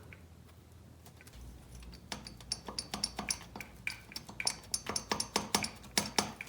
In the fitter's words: Okay, now the dowels didn't catch.